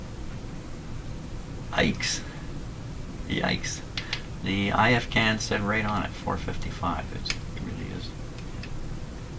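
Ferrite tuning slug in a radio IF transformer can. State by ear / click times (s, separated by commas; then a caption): stripped / 7.6 s, 8.6 s. Someone talks while adjusting the threaded ferrite tuning slug in an IF transformer can of a Hallicrafters TW2000 communications receiver. Small clicks at 7.6 s and 8.6 s are heard as the slug, driven to the end of its travel, breaks free from its limit point. The slug is stripped.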